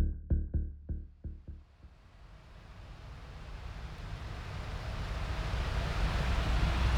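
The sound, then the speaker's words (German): A series of short, evenly spaced toots fades out, then a broad, deep rumble of tractor engines swells steadily louder as the convoy rolls past, with no talking. “17 Kilometer, 120 Trecker durchs Gemeindegebiet. Die An- und Abfahrt mal nicht eingerechnet. Wie viel Liter Sprit werden das sein? Und wie hört sich das an? Hören wir einfach mal rein.”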